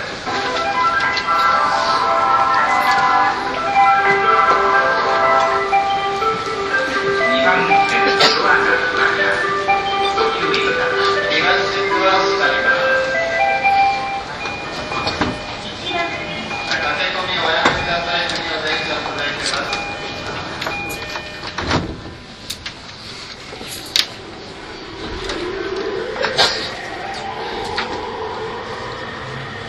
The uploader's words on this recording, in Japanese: E231系 山手線外回り01 東京～東京。2010年代当時山手線で主力車両だった、E231系山手線外回りを収録したものです。音の旅(走行音)。